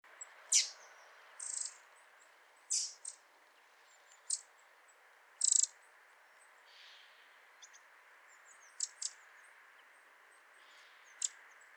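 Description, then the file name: Eurasian wren calls, short very high clicking and ticking bursts spaced irregularly, about ten over the span, over a faint hiss. "Troglodytes troglodytes"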